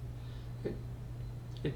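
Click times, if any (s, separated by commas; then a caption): 1.6 s, 1.7 s. A ribbon cable is folded back over its connector on a circuit board, and the plastic locking bar is set into its two notches and pushed down over a steady low hum. Two short clicks at 1.6 s and 1.7 s mark the bar snapping down, locking the cable in place.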